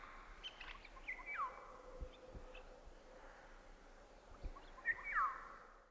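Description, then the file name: Eurasian jay giving two downward-sweeping calls about four seconds apart, over steady low background noise. "Garrulus glandarius"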